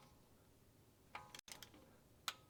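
A valve cover bolt is tightened into a cylinder head with a click-type torque wrench, with faint ticks of wrench movement around 1.2 and 1.5 seconds. The wrench gives a sharp click at 2.3 seconds, confirming the bolt has reached the set torque.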